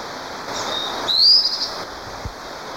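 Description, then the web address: Fulvous-breasted Flatbill call, one high upslurred note, with faint hiss around it and a soft low thump afterward. Recorded in Ecuador. "S America Birds of Ecuador. Fulvous-breasted Flatbill"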